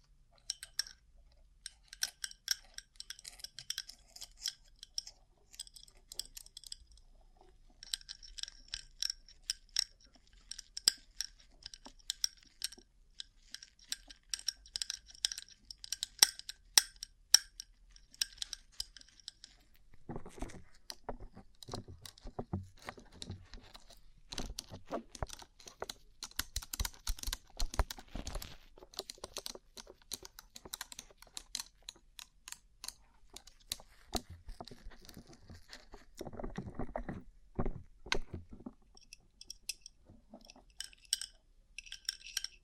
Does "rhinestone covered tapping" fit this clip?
yes